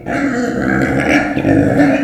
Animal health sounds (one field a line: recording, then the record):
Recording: squeal of a Yucatan mini pig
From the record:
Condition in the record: after surgery on the right vocal fold (resection and tissue-engineered implant)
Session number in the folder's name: 3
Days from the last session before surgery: 21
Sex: female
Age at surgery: 19 weeks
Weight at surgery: 25 kg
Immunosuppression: prednisolone